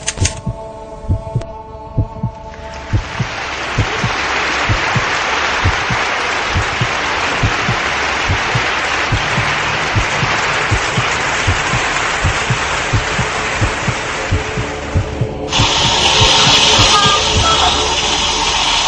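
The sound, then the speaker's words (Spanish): A dense, steady wash of applause, captured on a recorder left switched on, rises quickly and holds for about thirteen seconds before cutting off, with low rhythmic thumping running underneath and no voices. “Incluso algunos compañeros míos llegaron a dejar alguna vez la grabadora encendida y comprobaron luego que habían quedado registrados aplausos y otros sonidos.”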